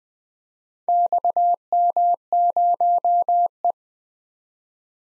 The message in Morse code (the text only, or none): XM0E